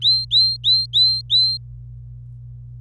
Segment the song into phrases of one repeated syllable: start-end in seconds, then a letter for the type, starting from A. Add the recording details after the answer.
0.02-1.57 A. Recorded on 26 April 2018 at 12:17. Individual llb3